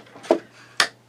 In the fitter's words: you hear the little click okay so let's go ahead and